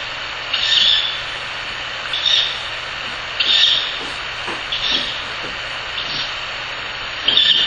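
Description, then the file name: Owl chick's hissing calls, short raspy bursts repeated every second or two, with faint ticks between them and a constant hiss behind. Owl chick (owlet). "フクロウ雛 遠藤"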